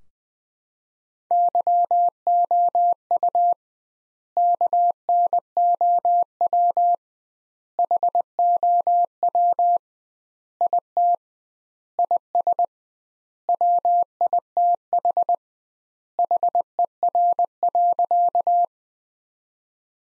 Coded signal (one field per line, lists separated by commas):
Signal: Morse code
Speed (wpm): 20 wpm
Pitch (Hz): 700 Hz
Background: none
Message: YOU KNOW HOW IT IS WITH HER.